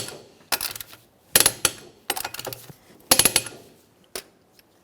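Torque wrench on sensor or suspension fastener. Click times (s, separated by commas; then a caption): 1.4 s, 3.1 s. A click-type torque wrench tightens a sensor or suspension fastener while replacing the rear ABS wheel speed sensor on a 2007-2017 Jeep Patriot. Bursts of ratcheting, metallic rattles and taps are heard, with two sharp metallic clicks at about 1.4 s and 3.1 s. The wrench clicks at its setting, confirming the fastener is torqued.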